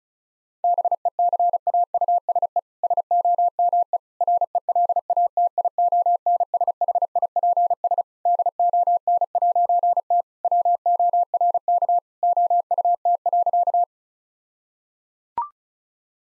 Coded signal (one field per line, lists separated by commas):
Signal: Morse code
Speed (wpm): 34 wpm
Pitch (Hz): 700 Hz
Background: none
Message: BECAUSE SOME RELATIONSHIPS DON'T WORK OUT.